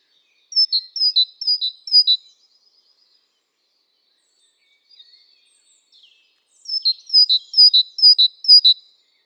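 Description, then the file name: Great tit song: bright two-note phrases, high then lower, given four times in a quick run, then a pause before another run of five phrases. "Parus major"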